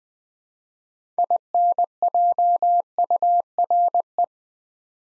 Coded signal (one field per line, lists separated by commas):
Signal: Morse code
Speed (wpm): 20 wpm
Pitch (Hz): 700 Hz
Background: none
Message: INJURE